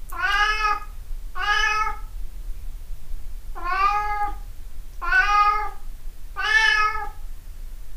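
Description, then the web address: Cat giving five meows, each under a second long, over a low steady hum. 26 April 2008. "misc sound cat cat 20080426"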